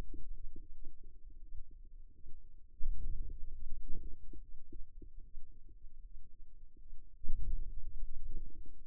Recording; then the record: forearm muscle sounds (acoustic myography)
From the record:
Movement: hand closing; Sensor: system 2, bracelet of six BSWA MPA416 microphones around the upper forearm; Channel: 2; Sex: female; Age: 23 years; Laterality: right